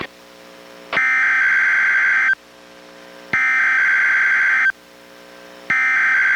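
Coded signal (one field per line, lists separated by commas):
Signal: Emergency Alert System (SAME) tones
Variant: header bursts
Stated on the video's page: NOAA Weather Radio weekly test issued by NWS Portland, relayed by a station in Astoria, recorded from a Reecom R-1630 weather radio through a Zoom H1 recorder.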